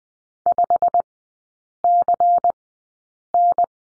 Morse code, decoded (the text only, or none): 5CN